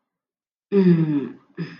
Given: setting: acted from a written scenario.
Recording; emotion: vocal sound without words; distress